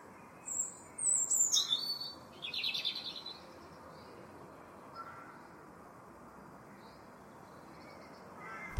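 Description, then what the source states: Common blackbird giving a few sharp, high chirps in quick bursts during the first three seconds, then near silence with a steady low background hum. Chirpy calls recorded in a residential area at Lacock Abbey, UK.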